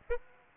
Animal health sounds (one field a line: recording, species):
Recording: mosquito wingbeat signal from an infrared sensor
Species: Aedes aegypti